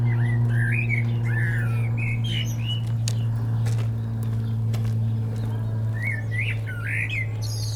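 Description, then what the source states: Common blackbird song phrases of fluty, rising and falling warbles at the start and again near the end, over a loud steady engine drone. Perched singing at a treetop in Châtillon village, Chindrieux, France; a light touring aircraft passing; Zoom H4n Pro set vertically on the ground, preamp level 100.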